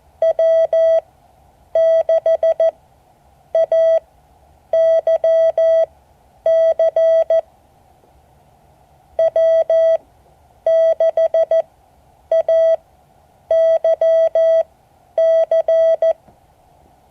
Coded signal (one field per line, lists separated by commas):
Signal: Morse code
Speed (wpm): 14 wpm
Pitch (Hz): 650 Hz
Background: none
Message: W6AYC W6AYC